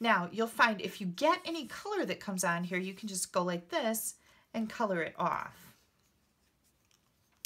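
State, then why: Seated. Someone talks for most of the clip. After a quiet stretch, the plastic cap of an alcohol-based marker is pushed back onto the nib end over the small tube inside and snaps into place with a sharp click at 7.5 s. The cap seats so the marker does not dry out.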